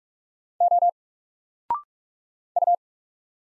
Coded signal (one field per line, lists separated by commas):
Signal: Morse code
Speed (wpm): 44 wpm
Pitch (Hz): 700 Hz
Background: none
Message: O U